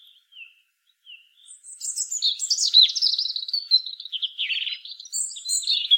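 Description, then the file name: European robin song starting with a few soft thin notes, then swelling into a fast, varied twittering warble with high sweeping whistles. "Erithacus rubecula"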